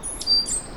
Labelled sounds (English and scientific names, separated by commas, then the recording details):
Stitchbird (Notiomystis cincta) song
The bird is a male
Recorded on Tiritiri Matangi Island, New Zealand, in 2005
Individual 1, of nest box 1